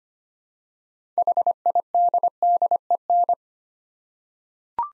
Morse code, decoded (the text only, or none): HIDDEN